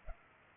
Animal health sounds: mosquito wingbeat signal from an infrared sensor; Culex pipiens

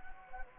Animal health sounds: mosquito wingbeat signal from an infrared sensor; Anopheles gambiae

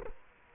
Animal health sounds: mosquito wingbeat signal from an infrared sensor; Culex quinquefasciatus

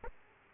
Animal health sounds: mosquito wingbeat signal from an infrared sensor; Aedes aegypti

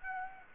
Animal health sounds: mosquito wingbeat signal from an infrared sensor; Aedes aegypti

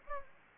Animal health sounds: mosquito wingbeat signal from an infrared sensor; Anopheles gambiae

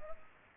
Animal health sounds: mosquito wingbeat signal from an infrared sensor; Culex pipiens

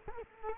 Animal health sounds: mosquito wingbeat signal from an infrared sensor; Culex quinquefasciatus

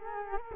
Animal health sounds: mosquito wingbeat signal from an infrared sensor; Culex quinquefasciatus

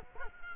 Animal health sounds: mosquito wingbeat signal from an infrared sensor; Culex quinquefasciatus

